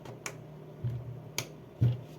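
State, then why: Seated. A memory module is pressed down into a motherboard DIMM slot until the retention latch snaps shut. Small, quiet clicks are heard at 0.3 s and 1.4 s, with soft low thuds in between. The module is seated.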